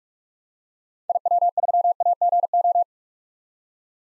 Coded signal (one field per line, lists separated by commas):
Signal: Morse code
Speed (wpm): 46 wpm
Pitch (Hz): 700 Hz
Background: none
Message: IW3AGO